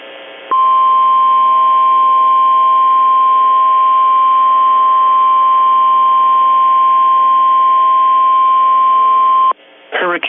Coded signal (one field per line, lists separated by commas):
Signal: Emergency Alert System (SAME) tones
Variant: 1050 Hz attention tone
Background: speech